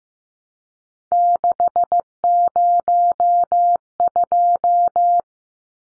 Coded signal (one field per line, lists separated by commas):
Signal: Morse code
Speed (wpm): 15 wpm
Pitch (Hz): 700 Hz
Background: none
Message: 602